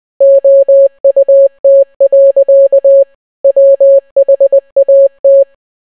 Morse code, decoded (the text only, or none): OUT. WHAT